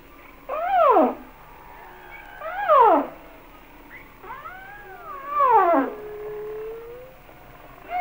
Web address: Whale Songs Sounds of Nature - Humpback Whales